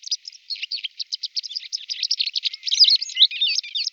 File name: Konipas bily Motacilla alba